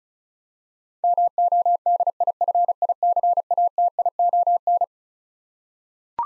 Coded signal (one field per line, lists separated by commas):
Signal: Morse code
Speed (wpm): 36 wpm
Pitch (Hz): 700 Hz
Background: none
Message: MODIFICATION